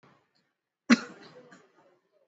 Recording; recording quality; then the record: shallow voluntary cough; excellent, no background noise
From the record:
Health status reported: exposed to COVID-19, no respiratory illness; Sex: male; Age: 37 years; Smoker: no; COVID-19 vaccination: both doses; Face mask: worn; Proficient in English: yes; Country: India